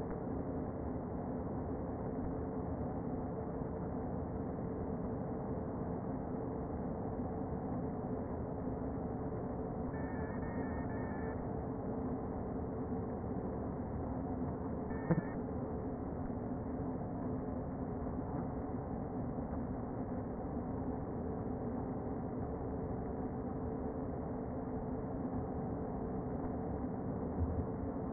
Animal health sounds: honeybee colony, microphone inside the hive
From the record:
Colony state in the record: queen present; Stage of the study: before two queens were removed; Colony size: about 60,000 bees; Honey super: yes

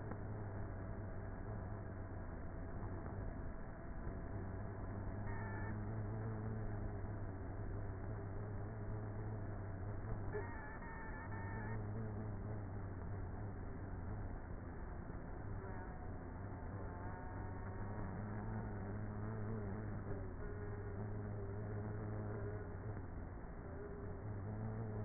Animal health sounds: honeybee colony, microphone inside the hive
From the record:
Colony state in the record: queenless with a low population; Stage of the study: before two queens were removed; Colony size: about 30,000 bees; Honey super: no

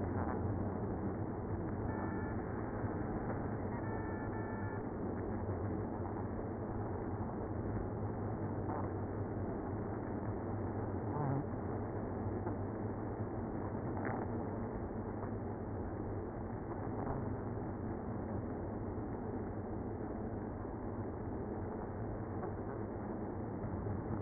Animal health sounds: honeybee colony, microphone inside the hive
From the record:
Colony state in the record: queenless (queen removed); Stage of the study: after two queens were removed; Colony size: about 60,000 bees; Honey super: yes

